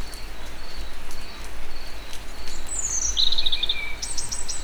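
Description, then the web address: European robin song: a descending thin whistle runs into a fast sparkling trill, then a brief high jumble, with steady repeated high notes and faint rumble behind. Recorded in nature at Egerturistaház. "allathangok termeszetben vorosbegy vorosbegy egerturistahaz"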